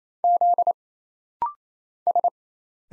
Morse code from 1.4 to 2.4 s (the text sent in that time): S